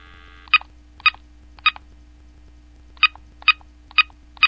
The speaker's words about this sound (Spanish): ¿Ya tienes el teléfono, Diana? Sí, aquí está. Marquemos a la doctora